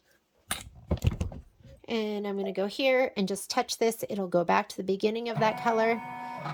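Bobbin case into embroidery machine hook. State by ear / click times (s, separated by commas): seated / 0.5 s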